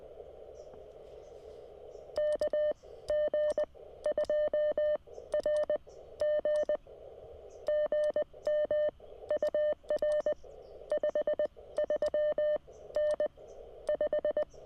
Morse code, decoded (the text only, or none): KG2RG GM UR 53N 5